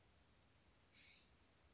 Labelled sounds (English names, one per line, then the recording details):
California Scrub-Jay
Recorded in Sonoma County, California